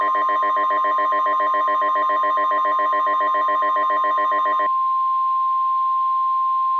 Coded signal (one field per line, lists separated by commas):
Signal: Emergency Alert System (SAME) tones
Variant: 1050 Hz attention tone